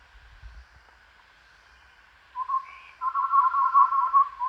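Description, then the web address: Chestnut-rumped babbler song: after a quiet start, a short whistled phrase, then a fast steady run of low hollow notes. Recorded at Danum on 1 April 2006. "DANUM 20060401. chestnut-rumped babbler"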